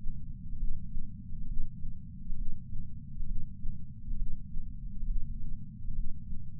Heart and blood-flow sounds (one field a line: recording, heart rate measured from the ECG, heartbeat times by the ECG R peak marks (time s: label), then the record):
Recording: heart sounds by patch sensor on the chest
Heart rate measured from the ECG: 67 bpm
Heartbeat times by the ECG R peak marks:
0.57 s: heartbeat
1.46 s: heartbeat
2.35 s: heartbeat
3.25 s: heartbeat
4.16 s: heartbeat
5.05 s: heartbeat
5.93 s: heartbeat
From the record:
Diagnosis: coronary artery disease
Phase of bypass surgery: preoperative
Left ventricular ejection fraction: 49.7%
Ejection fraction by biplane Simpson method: 49.4%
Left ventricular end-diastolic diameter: 55 mm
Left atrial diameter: 34 mm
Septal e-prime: 3.2 cm/s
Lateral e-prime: 4.4 cm/s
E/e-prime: 15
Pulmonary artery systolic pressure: 25 mmHg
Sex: female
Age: 70 years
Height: 152 cm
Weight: 65 kg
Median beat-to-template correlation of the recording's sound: 0.92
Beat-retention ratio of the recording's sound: 0.97